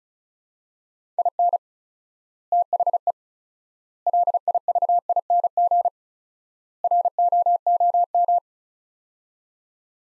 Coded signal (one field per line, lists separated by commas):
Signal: Morse code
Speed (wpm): 34 wpm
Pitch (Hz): 700 Hz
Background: none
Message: IN THE LIVING ROOM